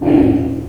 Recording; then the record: squeal of a Yucatan mini pig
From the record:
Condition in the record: before surgery on the right vocal fold (resection and tissue-engineered implant); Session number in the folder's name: 2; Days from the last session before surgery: -15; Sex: female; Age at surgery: 19 weeks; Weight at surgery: 25 kg